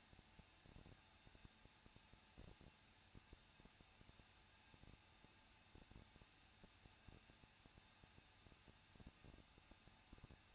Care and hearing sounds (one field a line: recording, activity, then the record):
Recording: daily activity, microphone in the room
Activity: no activity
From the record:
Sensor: 2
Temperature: 21.0 degrees Celsius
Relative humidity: 37.5%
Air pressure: 1006.3 hPa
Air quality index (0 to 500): 224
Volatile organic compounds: 25 ppm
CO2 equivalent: 2840 ppm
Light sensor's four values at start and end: 2/3/2/2 and 2/3/2/2